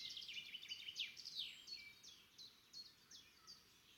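Bird chirping: a quick run of high, sharp downslurred notes, tapering into sparser chips every fraction of a second, with a low steady background hiss.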